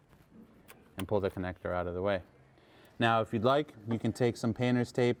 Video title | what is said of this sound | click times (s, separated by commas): Porsche 996 911 Air Oil Separator (AOS) Replacement DIY - PCV System (1999-2008 Carrera 3.4L & 3.6L) | the ignition coils if you saw that video you want to simply press on that tab until it clicks off and pull | 0.7 s